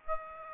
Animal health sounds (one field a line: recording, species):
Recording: mosquito wingbeat signal from an infrared sensor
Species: Aedes aegypti